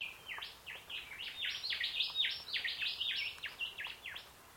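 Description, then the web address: Bird calling: rapid, repeated high chirps that sweep up and down, tumbling in a busy chattering stream. In mangroves. "Sound Effects-Foundation 1 BIRD UNKNOWN MAGROVES 06 CALL 03"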